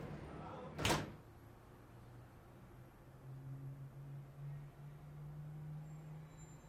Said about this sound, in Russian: Скэт открывает дверь подъезда.